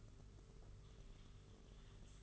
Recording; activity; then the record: daily activity, microphone in the room; typing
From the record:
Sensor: 4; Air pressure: 991.8 hPa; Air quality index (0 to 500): 120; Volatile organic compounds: 27 ppm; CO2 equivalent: 2880 ppm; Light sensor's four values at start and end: 19/64/24/24 and 19/64/24/24